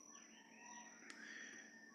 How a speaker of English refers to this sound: Oh, can you hear the birds?